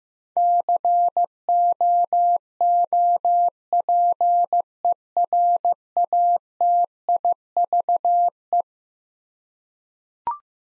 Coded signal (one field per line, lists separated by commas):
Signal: Morse code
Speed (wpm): 15 wpm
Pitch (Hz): 700 Hz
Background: none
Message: COOPERATIVE